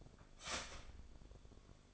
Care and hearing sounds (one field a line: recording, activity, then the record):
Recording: daily activity, microphone in the room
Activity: start toaster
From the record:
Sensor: 5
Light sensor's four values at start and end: 34/109/41/41 and 34/109/41/41